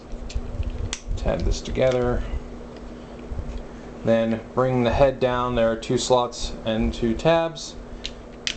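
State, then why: Seated. Someone talks while combining a Studio Series Devastator transforming toy robot, bringing the head down onto the combined body so its two plastic tabs fit into two slots. Two sharp clicks follow at about 8.1 and 8.5 seconds as the head tabs seat into place.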